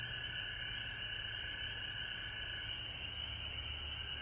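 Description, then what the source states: Unbroken chorus of frogs, high trills and a softer mid band overlapping steadily, with low rumble in the background. Frogs recorded at home in Georgia on March 19, 2020.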